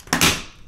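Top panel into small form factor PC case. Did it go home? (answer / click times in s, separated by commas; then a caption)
yes / 0.1 s, 0.2 s. The plastic and mesh top panel of a small form factor PC case, already secured at the front, is pushed down at the back. A faint tap comes first, then two sharp plastic snaps at 0.1 s and 0.2 s as its clips lock in. The panel is seated.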